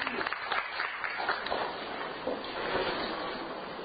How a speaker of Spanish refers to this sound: Gracias. Un aplauso